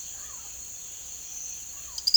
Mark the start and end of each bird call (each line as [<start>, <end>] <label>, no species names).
[0.00, 2.17] bird call